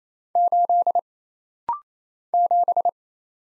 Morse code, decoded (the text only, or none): 8 7